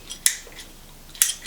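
An electrical fitting, probably a downlight part, is pushed home into its housing during a downlight install, giving two sharp, loud clicks at 0.3 s and 1.2 s with faint ticks around them. The fitting clicks into place and is seated.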